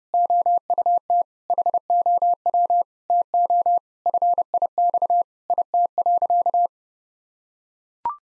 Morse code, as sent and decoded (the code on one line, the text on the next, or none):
--- ..- - / .... --- .-- / - --- / ..-. .. -..- / .. - .-.-.-
OUT HOW TO FIX IT.